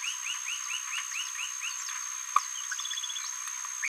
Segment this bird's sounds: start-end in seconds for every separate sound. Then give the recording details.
2.36-2.41. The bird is a female. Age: 27 days. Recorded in a nest box in Venezuela. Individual 17B73B3